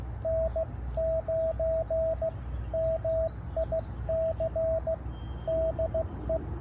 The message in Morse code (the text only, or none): N9MIC DE